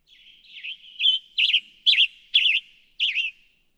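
Western tanager song of burry, rough phrases repeated roughly every half second, after a quieter start.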